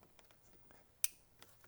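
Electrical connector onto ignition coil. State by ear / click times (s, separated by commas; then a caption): seated / 1.0 s. An electrical connector is pushed onto a new Denso ignition coil, made in Japan, on a car engine, with soft handling ticks around it. A single sharp click at 1.0 s marks the connector seating, and it is confirmed as seated right after.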